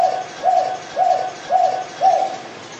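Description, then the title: Pigeon producing soft, low coos, five evenly spaced notes roughly every half second. "Canto Da Pomba"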